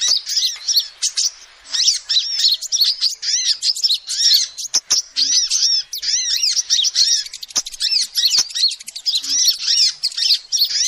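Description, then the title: Lovebird calls: rapid, shrill chattering chirps in continuous bursts, high-pitched arched notes repeating with short pauses and occasional sharp clicks. Lovebird call used as a lure to trap birds. "PIKAT BURUNG LOVEBIRD"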